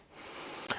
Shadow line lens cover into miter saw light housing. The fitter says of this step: clean it up that way there the shadow line stays crisp and you'll hear it snap right back in